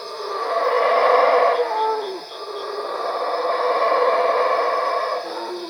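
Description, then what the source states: Howler monkey giving a deep, raspy roar that drops in pitch, then a second sustained roar, with constant insect buzzing behind. Labelled Cuevas.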